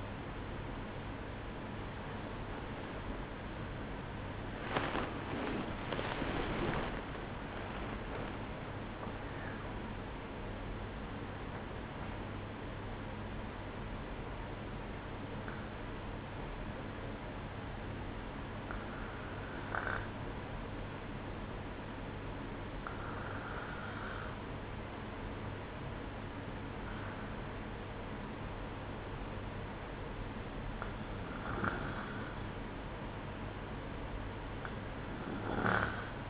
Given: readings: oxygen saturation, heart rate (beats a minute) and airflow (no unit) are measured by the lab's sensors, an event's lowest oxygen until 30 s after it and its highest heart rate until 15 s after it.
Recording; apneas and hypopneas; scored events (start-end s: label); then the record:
breathing in sleep by a voice recorder at the bedside; none
9.00-36.30 s: new sleep stage, N1 (lightest sleep)
From the record:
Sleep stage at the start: REM sleep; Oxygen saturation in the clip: 95 to 96%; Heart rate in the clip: 61 to 81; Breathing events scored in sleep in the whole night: 305 in 9.6 hours asleep